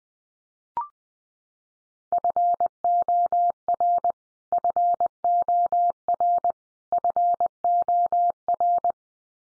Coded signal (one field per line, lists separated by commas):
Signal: Morse code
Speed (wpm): 20 wpm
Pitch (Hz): 700 Hz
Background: none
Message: FOR FOR FOR